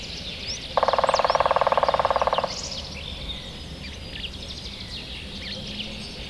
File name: Hamvas küllő dob - Picus canus